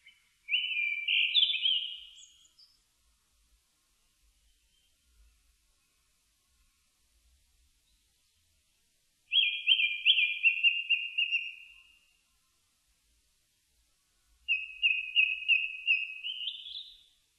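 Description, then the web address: Japanese thrush song: three clear whistled, warbling phrases, each about one and a half to three seconds long, separated by long silent gaps, in an otherwise quiet background. Recorded 4 May 2001. "2001 010504 kurotugumi"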